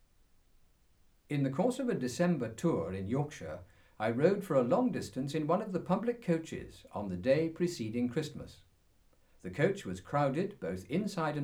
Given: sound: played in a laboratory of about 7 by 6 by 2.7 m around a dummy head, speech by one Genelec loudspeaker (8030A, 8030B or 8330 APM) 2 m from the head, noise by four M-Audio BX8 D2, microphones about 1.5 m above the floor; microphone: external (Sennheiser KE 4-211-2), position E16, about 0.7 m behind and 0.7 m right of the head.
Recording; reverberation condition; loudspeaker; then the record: male speech in English; low; behind (180 degrees)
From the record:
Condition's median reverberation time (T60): about 310 ms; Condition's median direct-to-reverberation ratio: about 3.5 dB